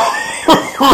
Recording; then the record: coughing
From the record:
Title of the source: Spring Allergy Coughing